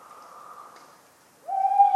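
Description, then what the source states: Tawny owl hooting: a soft higher note first, then after a pause a loud, steady hoot. A talkative owl on a cold autumn night, 11 November 1995, at the Ménigoute ornithological film festival, France, with acorns falling regularly.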